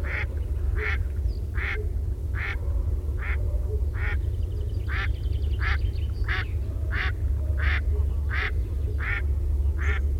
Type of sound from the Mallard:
call